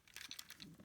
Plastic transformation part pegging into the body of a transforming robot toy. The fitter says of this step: i mean you don't have to 100 peg it in there you go you heard it snap into place there